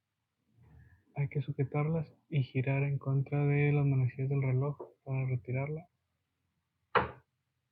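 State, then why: Released. Someone talks while holding the tabs of a plastic license plate lamp capsule in the rear bumper trim of a 2016–2023 Suzuki Vitara and turning it counter-clockwise. A sharp click sounds at 7.0 s as the capsule twists free, so it can be lifted out.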